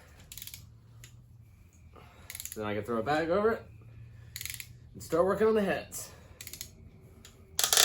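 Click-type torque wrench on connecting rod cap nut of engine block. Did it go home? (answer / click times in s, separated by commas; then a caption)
yes / 7.6 s. A click-type torque wrench makes the final tightening on a connecting rod cap nut of a 4.3 Vortec engine block during piston installation. Bursts of ratcheting clicks come at about 0.4, 2.3 and 4.4 seconds while someone talks. The wrench breaks over at its setting with a sharp metallic click at 7.6 seconds, confirming the nut is torqued.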